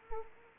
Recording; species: mosquito wingbeat signal from an infrared sensor; Anopheles arabiensis